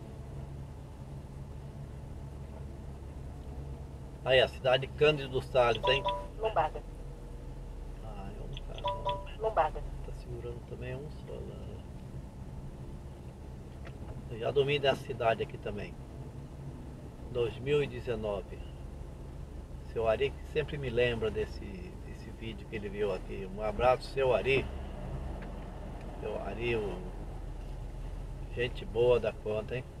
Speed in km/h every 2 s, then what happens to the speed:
13, 14, 14, 14, 12, 11, 12, 14, 15, 15, 15, 13, 14, 13, 12.
0-30 steady at about 14.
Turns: none.